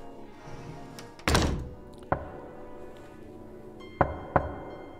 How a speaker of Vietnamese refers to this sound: Tiếng gõ cửa lại vang lên.